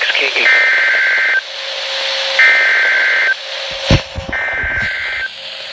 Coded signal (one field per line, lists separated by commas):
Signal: Emergency Alert System (SAME) tones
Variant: header bursts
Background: speech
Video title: Stormy Sunday... EAS Alerts From 4/10/21 & 4/11/21- EAS #209 - #225